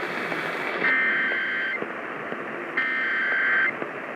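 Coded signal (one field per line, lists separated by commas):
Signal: Emergency Alert System (SAME) tones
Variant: header bursts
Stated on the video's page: Required monthly test received by long-distance DX reception of AM stations on 1070 and 640 kHz; the 640 AM station failed.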